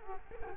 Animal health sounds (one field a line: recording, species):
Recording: mosquito wingbeat signal from an infrared sensor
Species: Culex quinquefasciatus